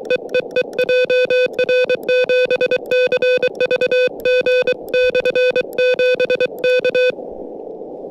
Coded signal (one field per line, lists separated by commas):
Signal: Morse code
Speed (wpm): 23 wpm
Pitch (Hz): 500 Hz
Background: music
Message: EEE JR7CVG/7 K